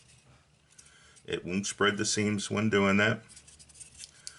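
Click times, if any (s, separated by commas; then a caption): 4.3 s. A plastic part from a 1/12 scale model kit, ground out on the inside with a rotary tool, is pressed into the assembled model body while someone talks. Faint handling sounds follow. The part snaps in flush with a sharp click at 4.3 s.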